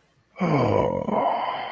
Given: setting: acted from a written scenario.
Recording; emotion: vocal sound without words; serenity